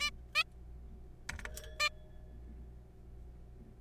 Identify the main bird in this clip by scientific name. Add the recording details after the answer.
Taeniopygia guttata. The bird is a juvenile. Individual R3428